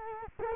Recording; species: mosquito wingbeat signal from an infrared sensor; Culex quinquefasciatus